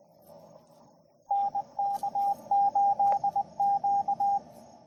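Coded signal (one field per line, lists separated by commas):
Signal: Morse code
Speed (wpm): 20 wpm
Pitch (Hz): 800 Hz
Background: radio noise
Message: NK8Q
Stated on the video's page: Vibroplex Original Deluxe bug sent on the air during a POTA activation with a Penntek TR-45L; a paddle only triggers message playback.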